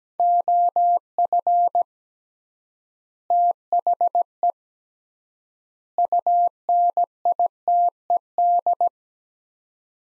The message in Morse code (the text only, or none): OF THE UNITED